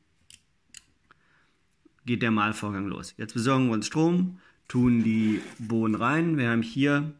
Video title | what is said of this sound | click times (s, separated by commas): Test Rommelsbacher EGK 200 Kaffeemühle | druck aber auch diese vier pinnacle an allen seiten runter das heißt in dem moment gehört vielleicht leicht klicken die | 0.3 s, 0.8 s, 1.1 s